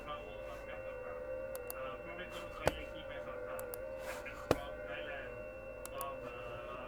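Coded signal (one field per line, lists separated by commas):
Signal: FT8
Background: speech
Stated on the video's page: FT8 DX on 10 meters.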